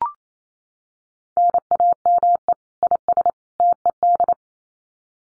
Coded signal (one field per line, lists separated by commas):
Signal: Morse code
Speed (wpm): 28 wpm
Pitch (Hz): 700 Hz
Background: none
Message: NAME IS TED